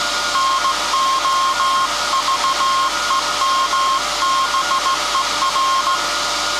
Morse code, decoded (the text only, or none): NOVEMBER